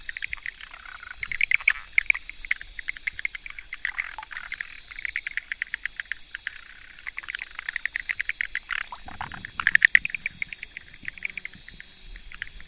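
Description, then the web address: Frog chorus of crisp clicks and rattling runs, densest near the start and around ten seconds, over constant background hiss. 25 October 2014. "frog rec 20141025"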